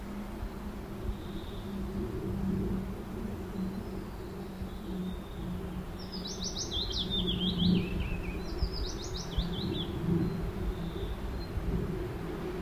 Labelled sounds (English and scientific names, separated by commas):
Willow Warbler (Phylloscopus trochilus) song